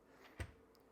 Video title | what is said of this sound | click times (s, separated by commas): Quick And Easy Cabinet Locks To Keep Kids Safe! Kitchen & Bath Safety | so I'm not going to pull against it but it's locked now | 0.4 s